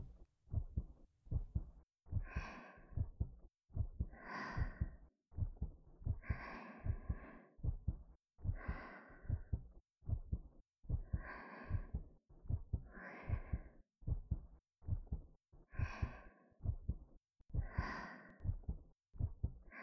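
Steady low heartbeat thumps at about 75 a minute, settled into a more natural rhythm, with slow, loud breaths every few seconds.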